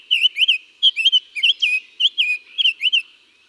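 Summer tanager song: a series of several burry, rising-and-falling whistled phrases.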